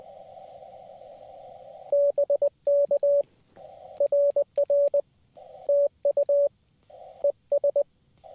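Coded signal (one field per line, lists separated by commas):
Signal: Morse code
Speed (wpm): 20 wpm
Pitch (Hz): 570 Hz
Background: none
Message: BK RR TU ES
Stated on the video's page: QRP CW SOTA summit activation on an mcHF QRP radio with paddle key and 15/17/20 m linked dipole, around 14.063, 18.080 and 21.063 MHz.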